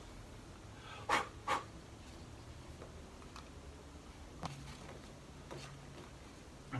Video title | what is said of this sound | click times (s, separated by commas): Au Ford 2 service spark plugs , oil & oil filter | it until you hear the click. Yep, okay. | 4.5 s